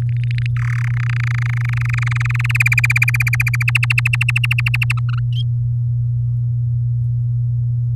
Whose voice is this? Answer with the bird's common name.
Domestic Canary